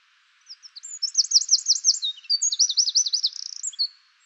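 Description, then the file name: Eurasian wren: a few soft introductory notes, then a loud, rapid song of rolling high trills and a fast rattle, ending after about three and a half seconds. "Troglodytes troglodytes"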